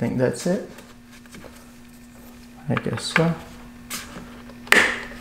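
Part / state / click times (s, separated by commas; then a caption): roof crossbar foot clamp bolt tightened with the supplied torque key / torque reached / 4.7 s. The clamp bolt on a roof crossbar foot of a 2018 Toyota C-HR XLE is tightened with the supplied torque key while someone talks. At 4.7 s the key's limiter gives one sharp click at the set torque, showing the bolt is done.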